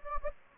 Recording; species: mosquito wingbeat signal from an infrared sensor; Anopheles gambiae